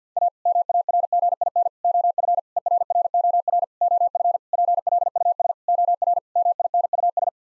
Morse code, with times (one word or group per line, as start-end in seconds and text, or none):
0.2-0.3 A
0.5-1.7 MARGIN
1.8-2.4 OF
2.6-3.6 ERROR
3.8-4.4 OF
4.5-5.5 PLUS
5.7-6.2 OR
6.4-7.3 MINUS